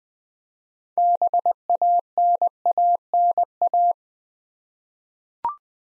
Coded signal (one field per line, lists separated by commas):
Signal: Morse code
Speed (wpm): 20 wpm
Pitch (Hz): 700 Hz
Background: none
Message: BANANA